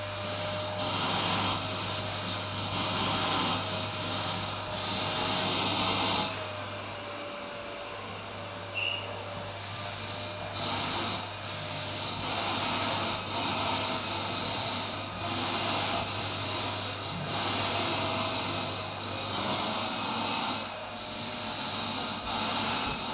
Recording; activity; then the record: daily activity, microphone in the room; vacuum cleaning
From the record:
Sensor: 2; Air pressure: 990.9 hPa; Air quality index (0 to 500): 135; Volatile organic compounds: 177 ppm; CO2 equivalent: 4132 ppm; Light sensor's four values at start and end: 21/50/20/20 and 21/50/20/20